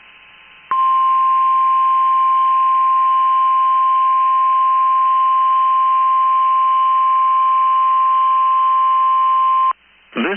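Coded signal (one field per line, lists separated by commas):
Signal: Emergency Alert System (SAME) tones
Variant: 1050 Hz attention tone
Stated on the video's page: Required weekly test heard via a web stream.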